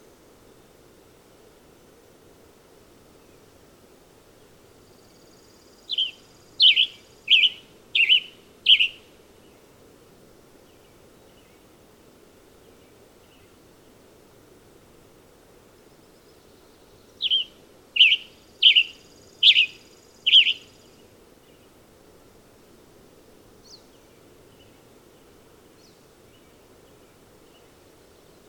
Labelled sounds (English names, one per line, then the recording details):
Western Tanager song
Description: Western Tanager song recorded at Hollowell Park in Rocky Mountain National Park
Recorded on 30 June 2015